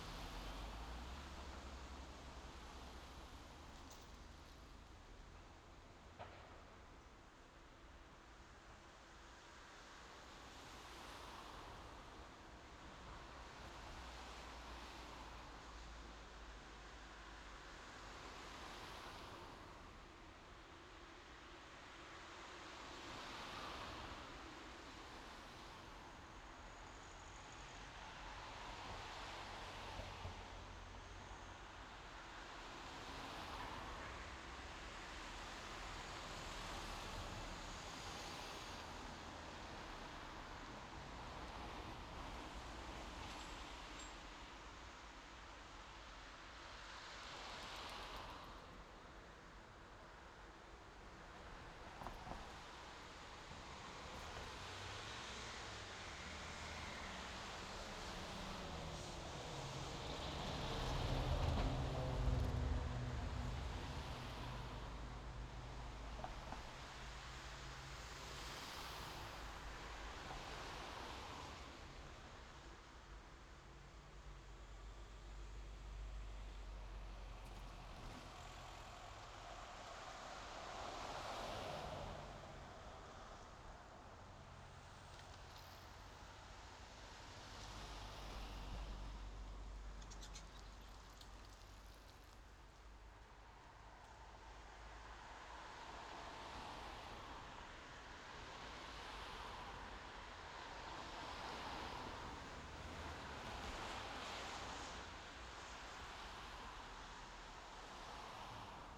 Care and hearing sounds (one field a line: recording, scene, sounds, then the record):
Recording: everyday scene through a hearing-aid microphone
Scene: in traffic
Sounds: traffic, machine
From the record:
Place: main road on the outskirts, rush hour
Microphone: in the ear canal, left